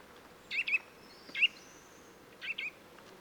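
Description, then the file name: Eurasian nuthatch calls: a quick pair of slurred whistled notes, then a single louder note, then another pair. "Sitta europaea"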